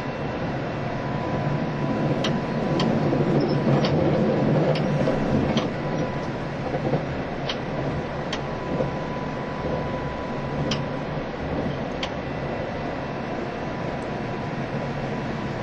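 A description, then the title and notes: A train runs steadily along the track, a dense, constant low rumble filling the whole recording, slightly louder in the first few seconds. Sharp metallic clicks and knocks from the wheels break through at irregular intervals, with a faint steady whine underneath. E351系 Sあずさ18号. 松本～新宿. 2018年で全車引退したJR東日本唯一の振り子式車両であったE351系です。 速達運用だった＂スーパーあずさ18号＂の列車走行音(静止画)です。 Train running sound.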